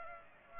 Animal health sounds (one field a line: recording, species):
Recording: mosquito wingbeat signal from an infrared sensor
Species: Aedes aegypti